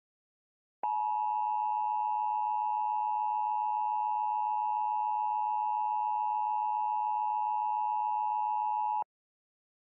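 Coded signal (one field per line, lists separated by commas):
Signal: Emergency Alert System (SAME) tones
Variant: 853 and 960 Hz attention tone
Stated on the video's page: Fictional EAS scenario, analog horror about Earth's magnetic field in permanent flux.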